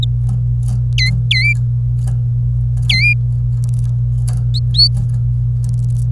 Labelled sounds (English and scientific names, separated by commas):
Domestic Canary (Serinus canaria) song